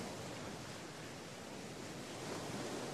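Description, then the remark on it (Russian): Sea water rushes and splashes steadily against a sailing ship's hull as the ship cuts through sun-sparkling water, a continuous, even hiss of churning water with no voices and no distinct breaks. “Корабль плыл, разрезая своей кормой сверкающую на солнце воду.”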